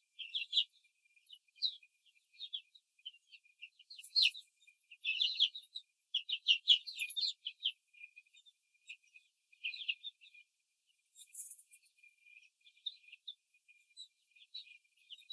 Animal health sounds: young laying hens in a cage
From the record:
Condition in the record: control cage, before the stress test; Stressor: none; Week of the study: 4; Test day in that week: 3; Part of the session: 4

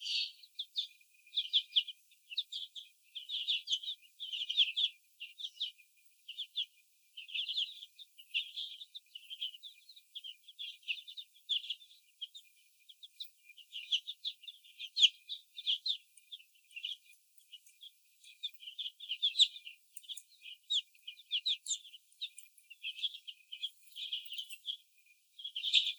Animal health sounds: young laying hens in a cage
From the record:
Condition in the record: before the stressor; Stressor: sudden umbrella opening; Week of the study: 2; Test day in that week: 1

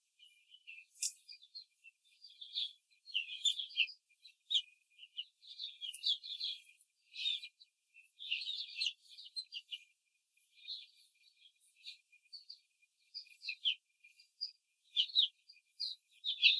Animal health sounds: young laying hens in a cage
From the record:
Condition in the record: control cage, after the stress test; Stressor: none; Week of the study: 4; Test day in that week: 1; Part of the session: 4

